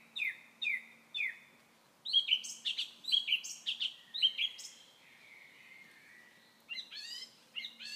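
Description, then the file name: Common nightingale singing three slurred descending notes, then a fast run of rich chattering phrases, a long quiet note, and more abrupt notes. "Nachtegaal"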